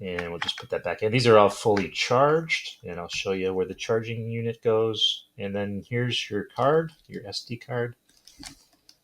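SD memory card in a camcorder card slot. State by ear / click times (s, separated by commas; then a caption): released / 8.3 s, 8.9 s. Someone talks, then presses the SD memory card into the card slot of a Lovpo 4K camcorder so its push-push latch releases. Sharp clicks are heard at 8.3 s and 8.9 s as the card clicks and springs out of the slot.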